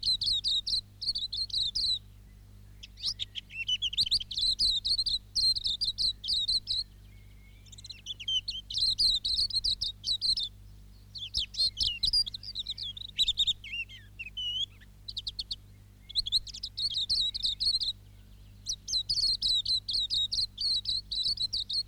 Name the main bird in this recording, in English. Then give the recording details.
Silvereye. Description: Silvereye/wax-eye song. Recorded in New Zealand